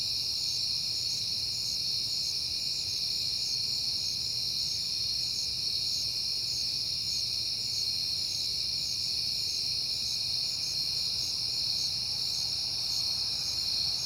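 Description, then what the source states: Crickets chirp continuously in a bright, rapid pulsing chorus, with a low background rumble swelling slightly toward the end. Crickets at night on a peaceful night in September.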